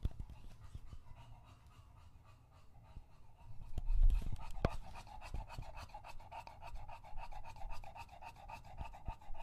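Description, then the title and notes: English Bulldog panting lightly, then a noisy burst, then rapid, rasping panting to the end. Male English Bulldog named Lucho drinking water from a bowl after a long walk, breathing heavily between drinks, out of breath from the walk and from drinking so long. "English Bulldog Drinks from Water Bowl - Weird Sounds. listen to Lucho the English Bulldog as he tries to drink water after a long walk. Don't let his heavy breathing fool you in between drinks, he's equally out of breath from the walk"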